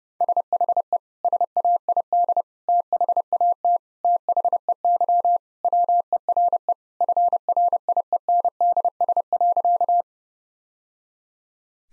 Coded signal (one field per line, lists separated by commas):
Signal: Morse code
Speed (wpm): 30 wpm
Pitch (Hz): 700 Hz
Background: none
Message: SHE SAID THAT THEY WERE FRIENDS.